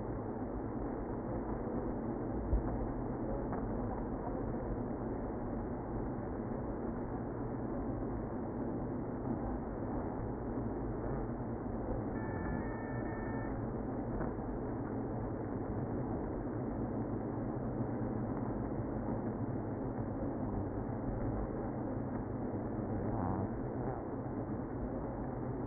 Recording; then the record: honeybee colony, microphone inside the hive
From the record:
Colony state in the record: queenless (queen removed); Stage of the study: after two queens were removed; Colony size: about 60,000 bees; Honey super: yes